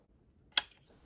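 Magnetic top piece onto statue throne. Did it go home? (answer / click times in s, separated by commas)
yes / 0.6 s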